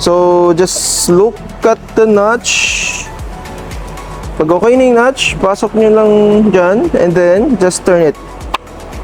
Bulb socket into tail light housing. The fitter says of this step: dapat may click siyang ganyan So pag na-click na yan tingnan niyo Ah